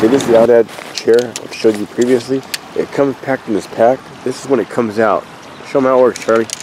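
An OUTADFCD folding camp chair, packed in its pack, is brought out so its shock-corded pole sections can be shaken into their joint sockets. Someone talks throughout, with no distinct click or snap heard. Nothing has seated or clicked into place yet.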